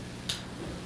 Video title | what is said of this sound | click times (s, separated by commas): Shaw 68.1 Focus on Safety: Hume Primary Classes - 1990 | you hear a click when it works properly so listen for the click | 0.3 s